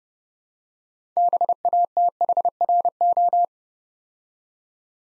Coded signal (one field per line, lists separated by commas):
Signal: Morse code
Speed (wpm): 30 wpm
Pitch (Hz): 700 Hz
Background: none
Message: BATHRO